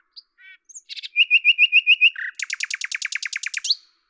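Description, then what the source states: Common nightingale song: a few soft notes, then a loud repeated series of ringing notes, followed by a fast, dry rattle of many pulses. At Lavours, France, on 10 May 1998; Tascam DAP-1 with Télingua microphone, edited in Samplitude 5.1.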